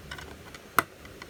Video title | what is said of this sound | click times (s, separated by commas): Unboxing Leonardo Da Vinci's "MONA LISA" (STRAVELING MUZEUM) from ZCWO | okay you hear the click and this is the frame | 0.8 s